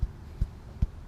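During an 18-speed Eaton RTLO18918B transmission swap on a Volvo VNL truck, a metal transmission part is being handled and pushed toward place in the drivetrain and bell housing area. Three low, dull thumps land at about 0.0, 0.4 and 0.8 seconds over a faint steady hum. Nothing has seated or clicked yet.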